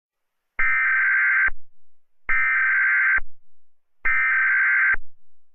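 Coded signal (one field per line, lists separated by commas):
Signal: Emergency Alert System (SAME) tones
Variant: header bursts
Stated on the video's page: Fictional EAS scenario with SAME tones.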